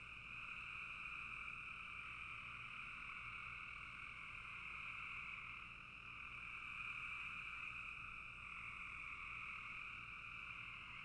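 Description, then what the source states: Frog chorus, an unbroken buzzing drone of many overlapping callers. Several frogs calling in a bog.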